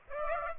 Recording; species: mosquito wingbeat signal from an infrared sensor; Aedes aegypti